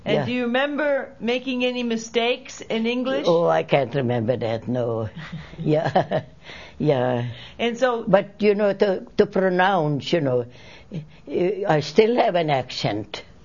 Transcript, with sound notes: And do you remember making any mistakes in English?
Oh, I can't remember that, no. Yeah. ( she laughs ) Yeah.
And so...
But, you know, to pronounce, you know, I still have an accent.